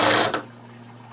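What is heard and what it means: A cordless drill/driver slowly drives a screw into wood with a steady, buzzing whir. Its adjustable clutch reaches its set resistance and slips with a sharp ratcheting click at 0.3 seconds, stopping the spin before the screw is fully seated. Quiet follows.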